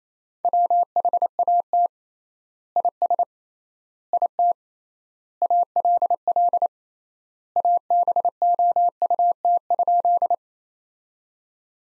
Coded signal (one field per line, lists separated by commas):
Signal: Morse code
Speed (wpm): 28 wpm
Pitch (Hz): 700 Hz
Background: none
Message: WHAT IS IT ALL ABOUT?